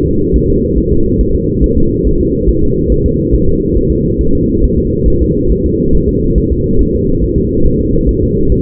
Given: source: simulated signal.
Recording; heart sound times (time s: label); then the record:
fetal heart sounds
0.08 s: S2
0.36 s: S1
0.50 s: S2
0.78 s: S1
0.92 s: S2
1.21 s: S1
1.35 s: S2
1.64 s: S1
1.78 s: S2
2.07 s: S1
2.21 s: S2
2.49 s: S1
2.63 s: S2
2.92 s: S1
3.06 s: S2
3.34 s: S1
3.49 s: S2
3.77 s: S1
3.92 s: S2
4.21 s: S1
4.35 s: S2
4.64 s: S1
4.78 s: S2
5.08 s: S1
5.22 s: S2
5.52 s: S1
5.66 s: S2
5.95 s: S1
6.09 s: S2
6.38 s: S1
6.52 s: S2
6.81 s: S1
6.95 s: S2
7.24 s: S1
7.38 s: S2
7.66 s: S1
7.81 s: S2
8.09 s: S1
8.23 s: S2
8.52 s: S1
From the record:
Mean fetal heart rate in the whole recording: 140 bpm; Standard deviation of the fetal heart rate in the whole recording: 2 bpm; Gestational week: 34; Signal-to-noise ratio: -16.4 dB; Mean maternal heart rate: 72 bpm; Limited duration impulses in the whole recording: present